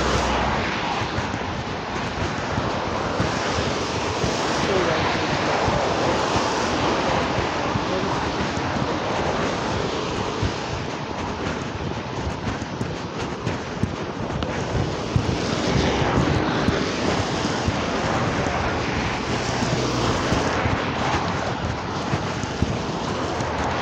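Outdoor sound on a grey, wet Saturday morning walk: a dense, steady wash of rushing noise that holds level for the whole stretch, like wind and passing traffic or surf. Low rumble and gusty buffeting run underneath, swelling slightly around the middle and end.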